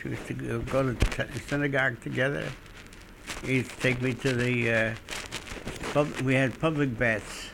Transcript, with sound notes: We used to go to synagogue together. (a rustling noise) He used to take me to the pub, we had public baths.